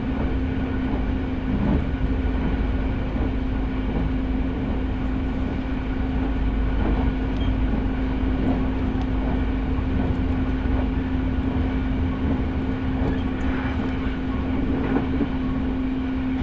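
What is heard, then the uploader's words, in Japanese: Recorded aboard a train on a railway journey, a constant low rumble and a steady hum fill all sixteen seconds without letup. Faint clicks and soft knocks from the wheels and carriage surface every second or so, with slightly sharper rattles near the end. 耳で楽しむ鉄道旅 日豊本線特急ソニック6号 柳ヶ浦→小倉。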